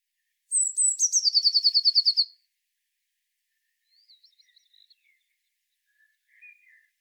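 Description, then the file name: Eurasian blue tit song: high thin notes flowing into a rapid descending trill, then a few faint, scattered twittering notes later. "Cyanistes caeruleus"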